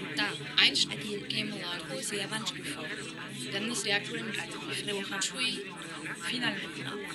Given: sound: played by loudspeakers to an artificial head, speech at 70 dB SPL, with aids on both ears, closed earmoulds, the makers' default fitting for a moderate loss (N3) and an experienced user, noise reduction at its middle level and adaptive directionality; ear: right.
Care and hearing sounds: speech test signal (ISTS) in cocktail-party noise; -6 dB; on the right (90 degrees)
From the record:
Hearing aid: class 1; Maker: E

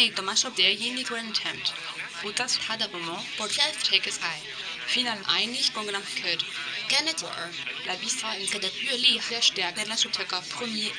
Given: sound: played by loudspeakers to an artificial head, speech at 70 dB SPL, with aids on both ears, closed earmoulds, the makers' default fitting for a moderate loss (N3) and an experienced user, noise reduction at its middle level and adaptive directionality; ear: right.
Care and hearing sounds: speech test signal (ISTS) in cocktail-party noise; +6 dB; on the right (90 degrees)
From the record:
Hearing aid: class 2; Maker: A

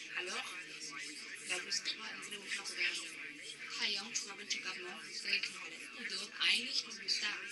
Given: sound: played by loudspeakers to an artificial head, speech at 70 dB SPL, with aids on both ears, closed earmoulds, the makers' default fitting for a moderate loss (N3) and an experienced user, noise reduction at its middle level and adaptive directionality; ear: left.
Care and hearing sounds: speech test signal (ISTS) in cocktail-party noise; 0 dB; on the right (90 degrees)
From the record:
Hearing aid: class 2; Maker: H

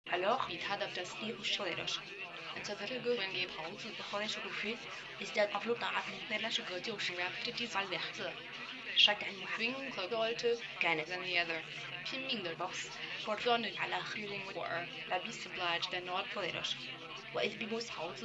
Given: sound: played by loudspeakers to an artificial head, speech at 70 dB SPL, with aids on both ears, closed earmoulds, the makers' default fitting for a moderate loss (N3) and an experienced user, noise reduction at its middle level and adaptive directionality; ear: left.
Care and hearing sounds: speech test signal (ISTS) in cocktail-party noise; +6 dB; in front (0 degrees)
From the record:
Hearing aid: class 1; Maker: F

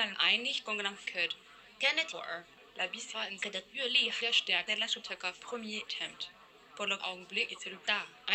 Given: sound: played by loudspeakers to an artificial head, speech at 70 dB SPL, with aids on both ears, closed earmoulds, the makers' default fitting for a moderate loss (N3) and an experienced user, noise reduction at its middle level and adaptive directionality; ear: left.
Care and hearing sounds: speech test signal (ISTS) in cocktail-party noise; +6 dB; in front (0 degrees)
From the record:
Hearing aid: class 1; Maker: I

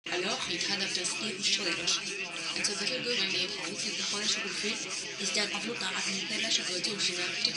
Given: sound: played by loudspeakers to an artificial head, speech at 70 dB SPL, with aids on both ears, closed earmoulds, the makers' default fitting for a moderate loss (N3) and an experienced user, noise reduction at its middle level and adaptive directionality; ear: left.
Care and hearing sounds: speech test signal (ISTS) in cocktail-party noise; +3 dB; on the right (90 degrees)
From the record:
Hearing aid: class 1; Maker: B

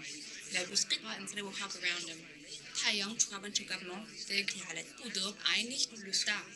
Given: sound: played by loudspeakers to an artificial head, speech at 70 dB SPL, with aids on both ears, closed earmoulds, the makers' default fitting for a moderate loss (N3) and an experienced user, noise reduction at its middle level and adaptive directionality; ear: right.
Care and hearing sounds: speech test signal (ISTS) in cocktail-party noise; +6 dB; in front (0 degrees)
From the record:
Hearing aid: class 1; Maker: J

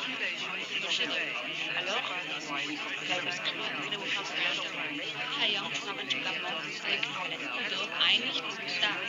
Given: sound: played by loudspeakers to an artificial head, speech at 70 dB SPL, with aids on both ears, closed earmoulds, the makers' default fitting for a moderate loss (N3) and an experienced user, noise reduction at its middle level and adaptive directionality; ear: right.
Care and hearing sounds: speech test signal (ISTS) in cocktail-party noise; -6 dB; in front (0 degrees)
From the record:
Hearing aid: class 1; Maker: G

